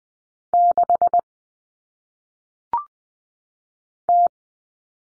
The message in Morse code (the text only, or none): 6 T